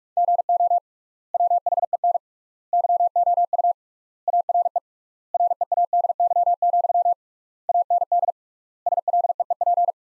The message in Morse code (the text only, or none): GO WHEN YOU ARE READY, AND SLEEP